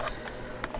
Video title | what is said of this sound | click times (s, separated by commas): Ubiquiti airMAX NanoStation 5AC Loco Unboxing | that is locked into place to make sure | 0.6 s